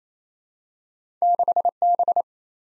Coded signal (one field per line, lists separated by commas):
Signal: Morse code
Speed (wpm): 28 wpm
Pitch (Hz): 700 Hz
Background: none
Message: 6B